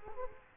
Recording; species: mosquito wingbeat signal from an infrared sensor; Culex quinquefasciatus